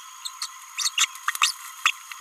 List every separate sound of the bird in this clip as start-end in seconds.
0.24-0.32, 0.42-0.49, 0.78-0.92, 0.98-1.05, 1.28-1.30, 1.42-1.52, 1.86-1.91